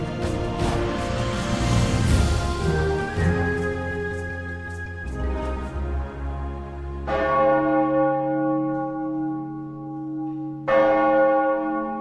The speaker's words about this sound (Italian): I rintocchi delle campane che chiamano a raccolta la gente del paese sono l'unico rumore che rimbalza da un capo all'altro della valle.